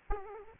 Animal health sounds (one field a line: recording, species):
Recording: mosquito wingbeat signal from an infrared sensor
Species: Aedes aegypti